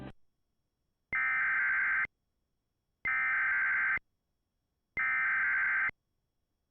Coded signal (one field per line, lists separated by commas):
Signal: Emergency Alert System (SAME) tones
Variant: header bursts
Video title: EAS #67 - Tornado Warning for Southern Nebraska (EAS Fail)